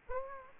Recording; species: mosquito wingbeat signal from an infrared sensor; Aedes aegypti